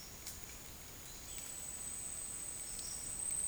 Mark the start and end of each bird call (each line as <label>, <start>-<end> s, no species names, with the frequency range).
bird call (2.2-3.7 kHz), 1.22-1.56 s
bird call (4.4-6.2 kHz), 2.63-3.14 s